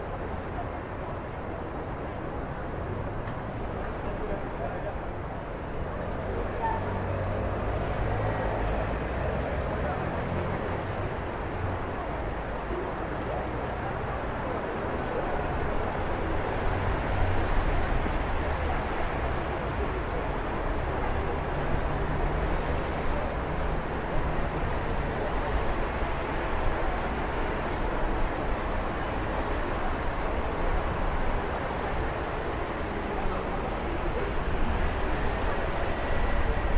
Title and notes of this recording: CITY AMBIENCE AT NIGHT. The sounds of the city at night, with an emphasis on ambient noise